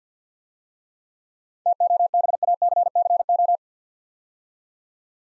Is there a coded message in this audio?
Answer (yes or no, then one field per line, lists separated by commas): yes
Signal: Morse code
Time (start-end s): 1.7-3.6 s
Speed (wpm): 50 wpm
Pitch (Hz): 700 Hz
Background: none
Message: TOBACCO